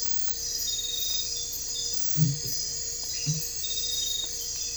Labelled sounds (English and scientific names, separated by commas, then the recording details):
none
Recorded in dense forest near Puerto Asís, Putumayo, Colombia, on 22 December 2024 at 01:00
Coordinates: 0.484, -76.317
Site G026